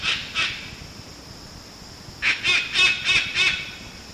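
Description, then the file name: White cockatoo giving two harsh notes, then quiet, then a run of five loud, grating calls in quick succession. "Cacatuaalba"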